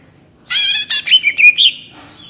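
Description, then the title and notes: Greater green leafbird song, one short burst of harsh chirps running into a string of clear, wavering whistled notes. Actively singing (gacor, ngentrok) greater green leafbird with crest raised (jambul nembak), described as melodious; suited as masteran, a tutor for training captive greater green leafbirds. "Cucak Ijo Gacor Ngentrok Jambul Nembak. suara burung cucak ijo gacor, merdu cocok buat masteran burung cucak ijo"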